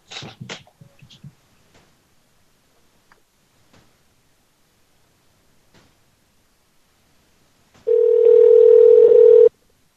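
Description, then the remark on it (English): A few short clicks and soft taps in near silence, then a loud, steady mid-pitched telephone tone that sounds continuously for about a second and a half before cutting off, as a phone call goes directly to voicemail. “Yeah, that's going directly to the voicemail.”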